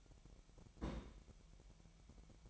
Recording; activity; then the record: daily activity, microphone in the room; place on stove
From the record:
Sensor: 1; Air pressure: 1012.1 hPa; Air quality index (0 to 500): 223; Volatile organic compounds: 5 ppm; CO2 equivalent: 1785 ppm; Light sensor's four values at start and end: 76/178/76/81 and 76/178/76/81